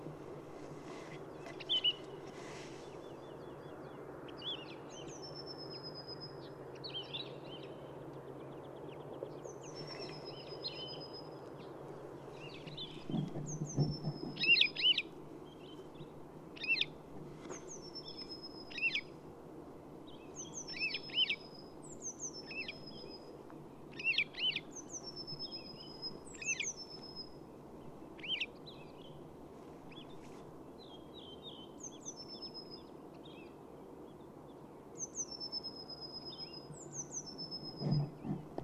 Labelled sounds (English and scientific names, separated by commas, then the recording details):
Wood Lark (Lullula arborea)
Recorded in the wild
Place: Schönow, Naturpark Barnim, Brandenburg, DE
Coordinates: 52.6842, 13.5283
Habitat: heath
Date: 2005-04-01
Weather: clear, -3°C, weak wind from SE
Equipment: Tascam DA-P1, Telinga Pro 5
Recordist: Frommolt, Karl-Heinz